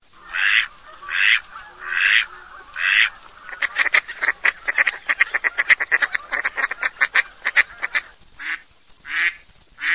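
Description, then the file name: Mallard quacking, loud spaced quacks at first, then a fast run of short quacks, ending with more drawn-out quacks. "GERMANO"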